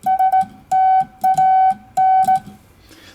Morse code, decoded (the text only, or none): STAN